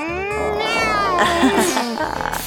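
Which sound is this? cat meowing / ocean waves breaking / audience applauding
cat meowing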